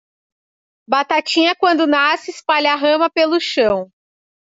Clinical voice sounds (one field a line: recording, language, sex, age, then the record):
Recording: short text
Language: Brazilian Portuguese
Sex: female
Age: 30 to 39 years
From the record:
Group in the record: control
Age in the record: 37 years